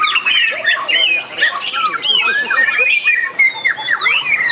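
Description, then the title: White-rumped shama song mixing looping whistles with harsher squawky notes, the phrases coming in quick succession with brief dips. "murai batu"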